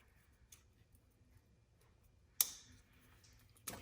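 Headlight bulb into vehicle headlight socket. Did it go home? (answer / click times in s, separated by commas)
no / none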